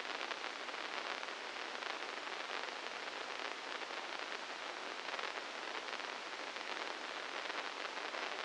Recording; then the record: brain microelectrode recording played as sound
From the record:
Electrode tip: inside the subthalamic nucleus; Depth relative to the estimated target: -1 mm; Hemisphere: left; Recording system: NeuroSet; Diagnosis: Parkinson's disease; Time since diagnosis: 15 years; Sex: female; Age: 59 years